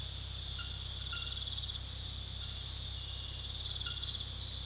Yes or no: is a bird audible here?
no